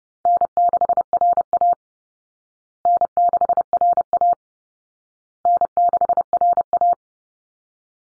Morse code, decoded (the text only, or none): N6RA N6RA N6RA